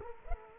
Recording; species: mosquito wingbeat signal from an infrared sensor; Culex quinquefasciatus